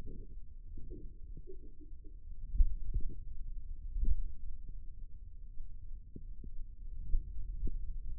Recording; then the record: forearm muscle sounds (acoustic myography)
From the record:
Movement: pen grasping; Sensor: system 2, bracelet of six BSWA MPA416 microphones around the upper forearm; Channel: 3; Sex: male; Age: 22 years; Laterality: right